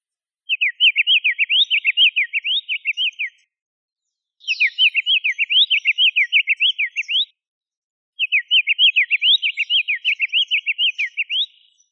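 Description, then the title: Bird song: three bursts of rapid, rhythmic chirped notes, each about three seconds long, separated by short pauses, with no other sounds. "LuckyPassaros CompletosSama"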